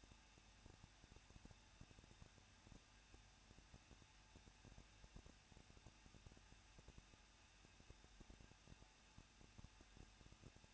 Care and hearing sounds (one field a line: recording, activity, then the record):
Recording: daily activity, microphone in the room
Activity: no activity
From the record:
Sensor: 2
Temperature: 21.0 degrees Celsius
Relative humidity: 37.3%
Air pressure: 1006.2 hPa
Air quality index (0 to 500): 221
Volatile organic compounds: 24 ppm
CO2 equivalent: 2797 ppm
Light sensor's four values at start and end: 2/3/2/2 and 2/3/2/2